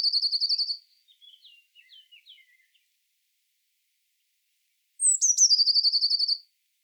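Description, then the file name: Eurasian blue tit giving a buzzy churring scold, then soft scratchy chips, then a high thin note dropping into another rapid buzzing trill. "Cyanistes caeruleus"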